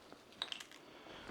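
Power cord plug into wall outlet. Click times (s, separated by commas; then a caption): 0.4 s. The power cord plug of a JIMMY R9 Pro hot-and-cold countertop RO water purifier is pushed into a wall outlet. A sharp click at 0.4 s marks the plug seating, followed by a few fainter ticks around 0.5 and 0.6 s against a quiet background. The plug is seated in the outlet.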